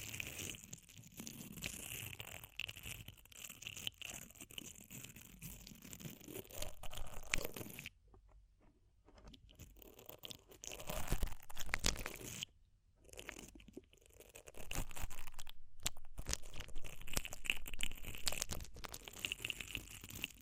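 Ear cleaning sounds made of dense, crackly crunching and crinkling scrapes that fill most of the twenty seconds. Quiet gaps break the texture around eight to ten seconds and again near thirteen and fifteen seconds, and then the rustling resumes, brighter and busier.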